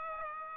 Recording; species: mosquito wingbeat signal from an infrared sensor; Aedes aegypti